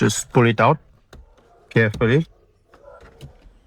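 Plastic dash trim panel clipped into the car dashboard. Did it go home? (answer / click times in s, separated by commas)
released / 2.7 s, 3.2 s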